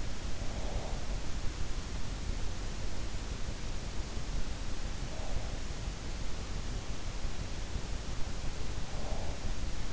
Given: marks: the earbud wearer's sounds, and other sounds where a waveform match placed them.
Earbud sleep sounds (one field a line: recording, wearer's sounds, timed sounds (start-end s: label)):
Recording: sounds in sleep by an in-ear microphone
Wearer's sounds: breath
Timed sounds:
0.00-1.42 s: breath